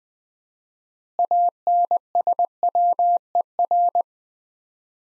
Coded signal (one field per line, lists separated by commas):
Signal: Morse code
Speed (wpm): 20 wpm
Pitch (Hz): 700 Hz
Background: none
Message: ANSWER